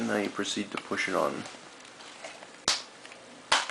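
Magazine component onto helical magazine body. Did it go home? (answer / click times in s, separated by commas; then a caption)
yes / 2.7 s, 3.5 s. Someone talks while pushing a part onto the body of a Calico M-100 .22 helical magazine during reassembly. Two sharp clicks follow at 2.7 s and 3.5 s as the part snaps into place and seats.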